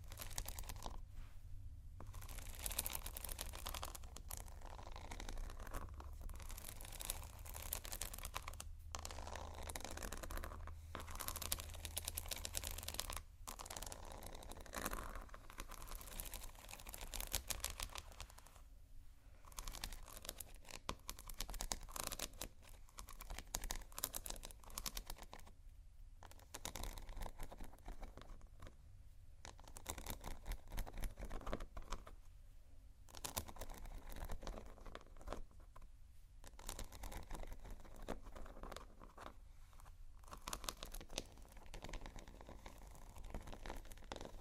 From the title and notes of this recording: ASMR Slow Scratching & Tapping on Textures (No Talking).